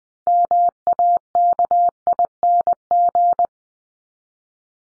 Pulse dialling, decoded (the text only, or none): none